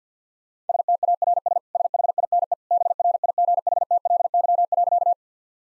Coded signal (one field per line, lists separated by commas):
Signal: Morse code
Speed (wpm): 50 wpm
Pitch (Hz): 700 Hz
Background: none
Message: STARS SHINE BRIGHTLY.